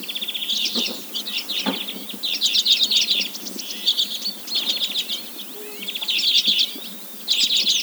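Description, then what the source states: Arctic redpoll calls: dense, rapid buzzy trills and rattling chatter, high-pitched and overlapping, with short pauses between bursts, plus a few low knocks. Greenland.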